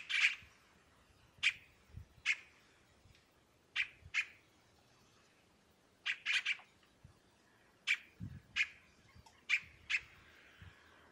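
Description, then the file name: Scarlet-throated tanager uttering short, sharp chip notes, singly or in close pairs, spaced irregularly about a second apart, with faint low thumps now and then. "canto do tie cabure"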